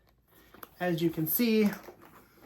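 Someone handles the metal turn-lock clasp on the leather flap of a vintage Coach Willis handbag, with faint ticks of handling around 0.5–0.6 seconds before someone talks. The clasp has not snapped into place yet.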